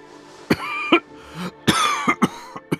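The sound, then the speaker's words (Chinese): A handful of low, hoarse coughs in uneven bursts, a couple of heavier ones followed by shorter, softer hacks, with a faint throaty rasp between them and no talking; the coughs of Emperor Jianing standing before a spirit tablet. “嘉宁帝看着灵牌许久，眼底恍惚拂过一抹悲痛，他低低咳嗽几声，手有些颤抖地抬起朝灵牌摸去。”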